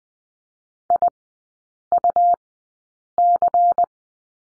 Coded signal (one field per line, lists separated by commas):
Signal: Morse code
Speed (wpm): 20 wpm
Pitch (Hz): 700 Hz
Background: none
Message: IUC